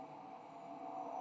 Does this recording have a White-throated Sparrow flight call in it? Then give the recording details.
no. No flight call is heard. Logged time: 23:42 on 14 November 2014